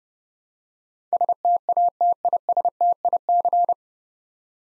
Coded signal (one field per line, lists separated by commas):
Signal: Morse code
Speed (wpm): 32 wpm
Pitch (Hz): 700 Hz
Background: none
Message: STATISTIC